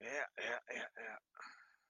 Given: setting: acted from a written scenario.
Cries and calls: vocal sound without words; contentment

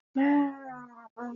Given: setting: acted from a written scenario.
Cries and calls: vocal sound without words; romantic love

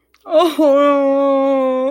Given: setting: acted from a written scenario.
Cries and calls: vocal sound without words; sadness

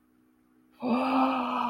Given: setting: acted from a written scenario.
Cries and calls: vocal sound without words; awe

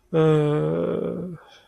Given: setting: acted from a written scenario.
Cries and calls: vocal sound without words; guilt

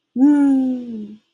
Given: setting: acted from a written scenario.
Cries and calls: vocal sound without words; elation

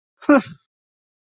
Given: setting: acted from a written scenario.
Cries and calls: vocal sound without words; contempt

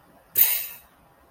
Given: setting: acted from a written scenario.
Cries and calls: vocal sound without words; contempt

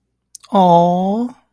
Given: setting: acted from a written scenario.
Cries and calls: vocal sound without words; adoration

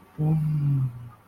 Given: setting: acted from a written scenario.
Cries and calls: vocal sound without words; contentment

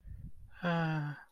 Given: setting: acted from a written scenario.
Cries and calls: vocal sound without words; romantic love

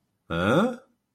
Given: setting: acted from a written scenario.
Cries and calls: vocal sound without words; confusion

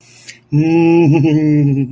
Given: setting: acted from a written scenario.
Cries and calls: vocal sound without words; amusement

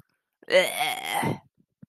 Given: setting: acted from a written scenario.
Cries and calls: vocal sound without words; disgust

